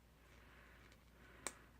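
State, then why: Seated. A hinged segment of a metal septum ring in a nose is pressed into its clasp after earlier failed tries. Over a quiet background there is a faint tick at 0.9 s, then a sharp, bright snap at 1.5 s as the segment clicks shut. The ring is seated and closed.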